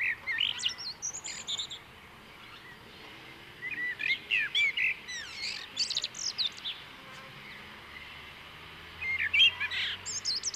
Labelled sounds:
Common Blackbird song

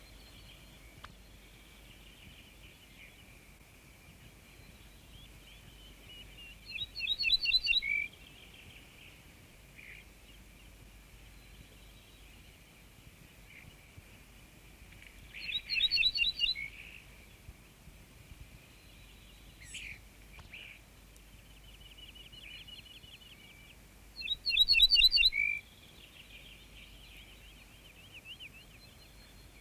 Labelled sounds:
Ortolan Bunting song

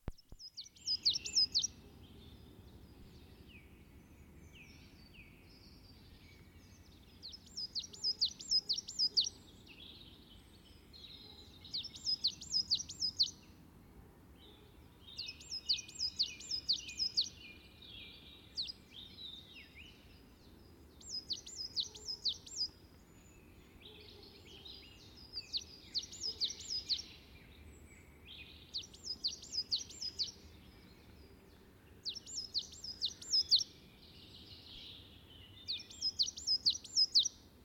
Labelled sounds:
Coal Tit song

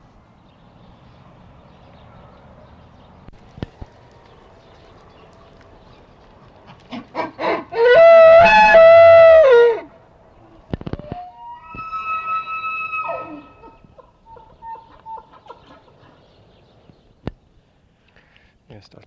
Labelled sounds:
Wapiti rut call

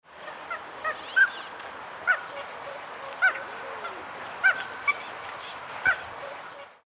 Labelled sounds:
Northern Pintail

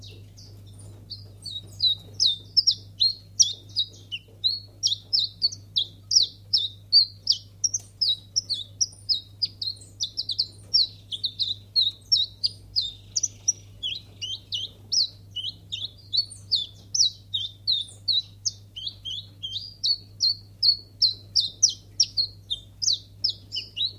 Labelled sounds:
Common Chiffchaff

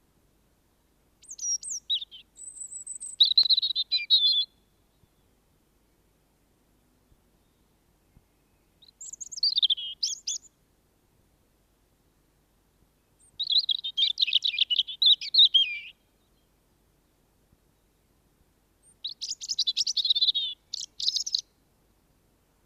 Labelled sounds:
European Robin song

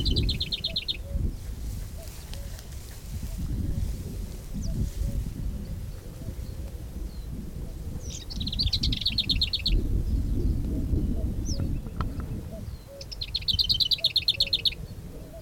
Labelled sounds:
Lesser Whitethroat

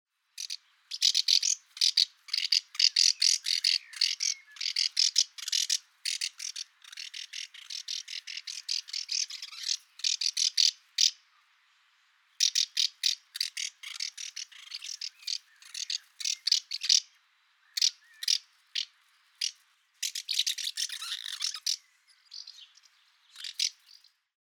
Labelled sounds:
Common House Martin

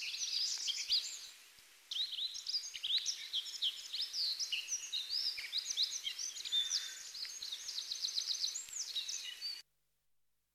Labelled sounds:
Black-throated Accentor song

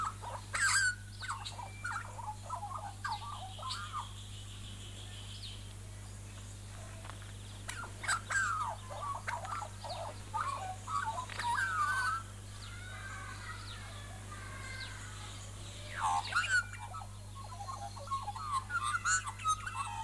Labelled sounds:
Australian Magpie song

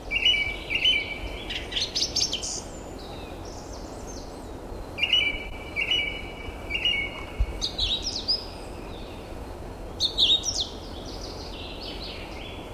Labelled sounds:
Song Thrush song

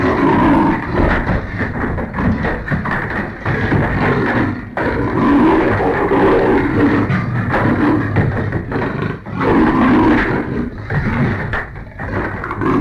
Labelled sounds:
Leopard

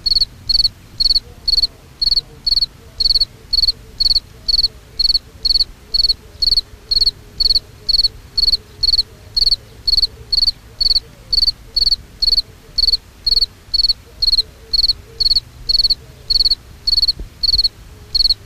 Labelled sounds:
Field Cricket stridulation

